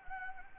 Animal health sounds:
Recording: mosquito wingbeat signal from an infrared sensor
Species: Anopheles gambiae

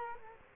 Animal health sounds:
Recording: mosquito wingbeat signal from an infrared sensor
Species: Culex quinquefasciatus

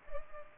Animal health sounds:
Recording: mosquito wingbeat signal from an infrared sensor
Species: Culex pipiens

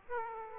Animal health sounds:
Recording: mosquito wingbeat signal from an infrared sensor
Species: Aedes aegypti

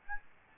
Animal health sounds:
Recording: mosquito wingbeat signal from an infrared sensor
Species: Aedes albopictus

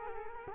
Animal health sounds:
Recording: mosquito wingbeat signal from an infrared sensor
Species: Culex quinquefasciatus

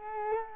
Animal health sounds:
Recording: mosquito wingbeat signal from an infrared sensor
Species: Culex quinquefasciatus

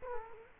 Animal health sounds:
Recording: mosquito wingbeat signal from an infrared sensor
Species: Culex quinquefasciatus

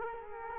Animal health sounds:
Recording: mosquito wingbeat signal from an infrared sensor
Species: Culex quinquefasciatus

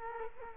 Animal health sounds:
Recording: mosquito wingbeat signal from an infrared sensor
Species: Culex quinquefasciatus

